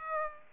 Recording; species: mosquito wingbeat signal from an infrared sensor; Aedes aegypti